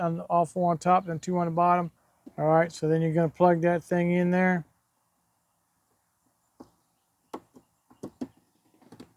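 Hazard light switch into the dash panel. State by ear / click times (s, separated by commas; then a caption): seated / 7.3 s. Someone talks for the first few seconds while a hazard light switch for a John Deere Gator 875M is plugged into its wiring harness. After a quiet pause, the switch is pressed into the dash panel, and its plastic clips snap home with a sharp click at 7.3 s, seating it. A few fainter clicks and taps follow.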